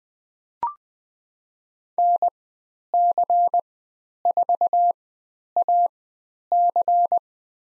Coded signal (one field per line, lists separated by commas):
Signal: Morse code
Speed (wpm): 20 wpm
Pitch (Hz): 700 Hz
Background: none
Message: NC4AC